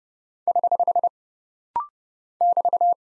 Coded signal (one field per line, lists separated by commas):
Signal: Morse code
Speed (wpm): 30 wpm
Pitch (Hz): 700 Hz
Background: none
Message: <HH> <BT>